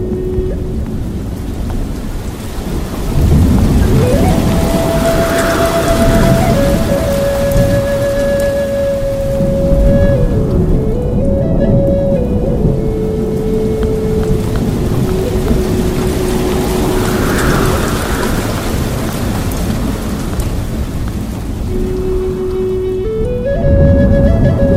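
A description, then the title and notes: Slow piano music plays over the dense, steady rush of a waterfall that fills the low and middle range. Long held notes step gently up and down every few seconds, and the water grows slightly louder after the first few seconds, then stays constant. Enchanting piano music, the gentle hum of a waterfall, and the comforting embrace of ambient sounds. Gentle water ripples.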